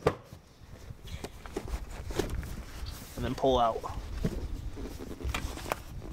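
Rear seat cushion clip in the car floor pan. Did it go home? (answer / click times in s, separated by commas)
released / 0.1 s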